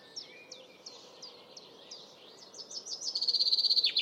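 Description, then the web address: Bird notes: several quick, high, falling chirps, then a rapid, loud, high-pitched trill in the final second over a low, steady background noise. "cianscape birddata Deverinetal 2025 Bird Only"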